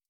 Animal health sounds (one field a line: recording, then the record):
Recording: hydrophone in a shrimp aquaculture tank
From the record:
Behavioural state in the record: stressed